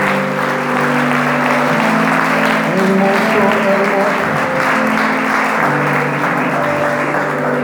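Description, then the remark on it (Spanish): A crowd applauds steadily for several seconds, a dense wash of clapping over sustained organ or keyboard chords, with a single voice speaking briefly above it. A church audience applauds God during a worship service. “¿Cuántos le pueden dar un aplauso a papá en esta hora?”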